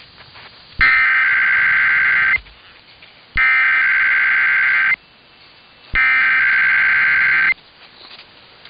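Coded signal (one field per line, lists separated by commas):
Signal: Emergency Alert System (SAME) tones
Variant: header bursts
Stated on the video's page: Required Weekly Test on a broadcast station.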